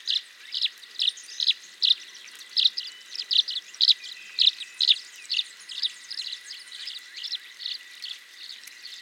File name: Tachycineta bicolor - Tree Swallow